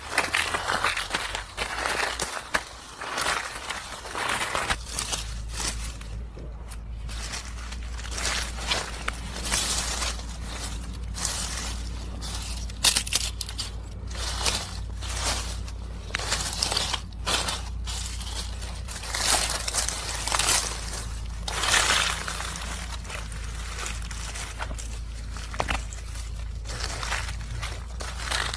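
Footsteps crunch through fallen leaves, a dense, crackling rustle that continues without pause across the whole half-minute. The bright, dry crunches come in uneven bursts rather than a steady stride, and a low constant hum runs underneath throughout.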